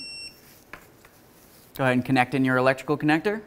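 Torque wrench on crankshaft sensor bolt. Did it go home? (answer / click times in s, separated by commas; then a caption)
yes / 0.7 s. A torque wrench tightens the 10 mm hold-down bolt on a crankshaft position sensor in a 2006-12 Ford Fusion, snugged and then torqued to 89 inch-pounds. A brief electronic tone sounds at the start, the wrench gives a short sharp click at 0.7 s with a fainter tick near 1.1 s, and then someone talks.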